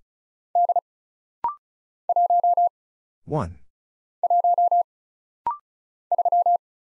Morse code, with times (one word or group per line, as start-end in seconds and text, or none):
0.6-0.8 D
2.1-2.7 1
4.2-4.8 1
6.1-6.6 3